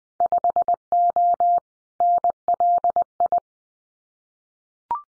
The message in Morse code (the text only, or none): 5O NLI